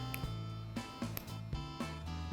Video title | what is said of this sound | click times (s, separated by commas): Roller Pro Instructions + Features w/ Fed & Liv | you should hear two clicks | 0.1 s, 1.2 s